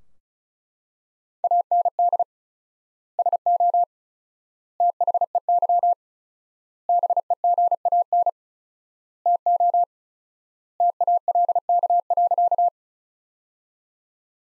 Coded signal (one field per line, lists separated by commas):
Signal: Morse code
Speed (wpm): 36 wpm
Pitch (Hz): 700 Hz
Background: none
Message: AND SO THEY BEGAN TO TALK.